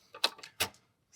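A new diesel fuel filter unit on a Range Rover Evoque is pushed back and down onto its four mounting points in the engine bay bracket. Plastic-sounding knocks and rattles surround a sharp click at 0.2 s, and another strong knock follows at about 0.6 s. The filter housing is seated on its mounts.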